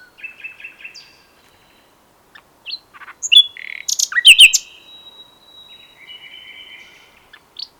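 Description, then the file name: Common nightingale singing scattered phrases: a few quick repeated notes, then loud mixed chirps and whistles, and a quieter drawn-out trill after it. "Luscinia megarhynchos"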